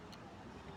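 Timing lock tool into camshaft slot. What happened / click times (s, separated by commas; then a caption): The metal tool is being handled and has not locked in yet / none. A mechanic handles a metal timing lock tool at the slot on the camshaft of a Tata Vista engine during head work. Only a steady low background hum is heard, with no distinct hits, and no words are spoken. Nothing has seated or clicked yet; the tool has not locked in.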